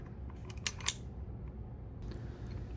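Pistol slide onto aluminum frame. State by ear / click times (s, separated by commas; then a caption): seated / 0.7 s, 0.9 s. During reassembly of a Smith & Wesson Model 410 pistol, the spring-loaded levers are pushed down so the steel slide can seat fully on the aluminum frame. Two sharp metallic clicks are heard at 0.7 s and 0.9 s over quiet background noise, with fainter ticks around them. The slide seats fully onto the frame.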